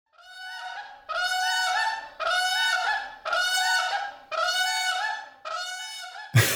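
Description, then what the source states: Whooping crane giving a series of loud, sustained, harmonic whooping calls, about one per second, with a sharp thump at the end. Loud call produced with help of tracheal coiling; call likened to a violin.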